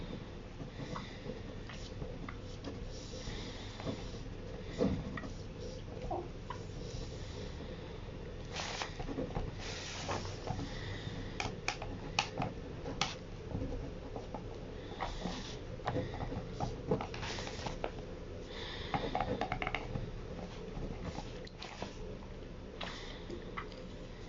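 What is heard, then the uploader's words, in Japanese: Someone snacks on crunchy sweet potato sticks while copying out poems by hand. Short crisp crunches and scratchy pen strokes come in irregular clusters throughout, busiest around 9–12 and 15–20 seconds, over a steady low hum that never lets up. 芋けんぴを食べつつ、「詩のレッスン」から詩数篇を書き写す音。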